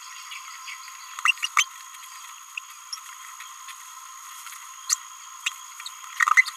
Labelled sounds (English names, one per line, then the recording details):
Green-rumped Parrotlet babbling
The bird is a male
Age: 29 days
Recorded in a nest box in Venezuela
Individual 17B31A1